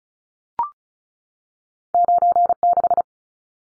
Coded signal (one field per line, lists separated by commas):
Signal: Morse code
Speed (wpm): 36 wpm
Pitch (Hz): 700 Hz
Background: none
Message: 96